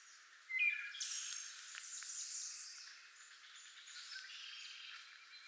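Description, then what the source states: Wood thrush song: a short clear whistled note followed by a bright, rapid high trill that trails off into softer twittering. Nine songs.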